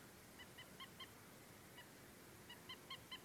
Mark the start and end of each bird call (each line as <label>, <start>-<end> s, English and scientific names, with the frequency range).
Common Moorhen (Gallinula chloropus) (1.0-5.3 kHz), 0.39-1.06 s
Common Moorhen (Gallinula chloropus) (0.9-5.0 kHz), 1.77-1.82 s
Common Moorhen (Gallinula chloropus) (0.9-5.4 kHz), 2.48-3.19 s